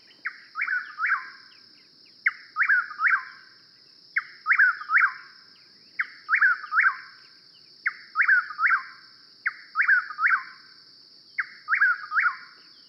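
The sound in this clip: Chuck-will's-widow song, a brief low chuck then a strong whistled 'will's-widow' pair, repeated seven times at roughly two-second intervals, with constant high-pitched insect buzzing behind.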